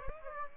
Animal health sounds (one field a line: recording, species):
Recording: mosquito wingbeat signal from an infrared sensor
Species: Aedes aegypti